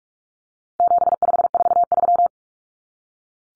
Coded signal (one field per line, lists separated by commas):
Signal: Morse code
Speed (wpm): 44 wpm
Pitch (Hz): 700 Hz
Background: none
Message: 7543